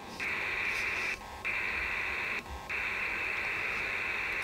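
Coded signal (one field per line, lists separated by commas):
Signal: HF data modem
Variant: PACTOR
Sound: steady hissing data rush, broken by two short pauses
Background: radio static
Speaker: that green status bar coming from left to right to left is actually the progress of the message being downloaded from the station in Afghanistan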